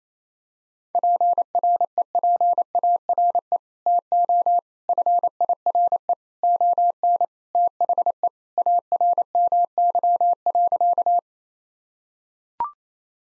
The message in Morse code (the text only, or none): PREPARE TO FIRE ON THE ARMY.